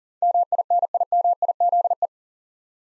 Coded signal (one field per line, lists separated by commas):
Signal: Morse code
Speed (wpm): 40 wpm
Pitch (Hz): 700 Hz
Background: none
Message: MINIMIZE